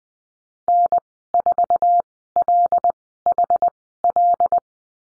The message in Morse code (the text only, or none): N4LHL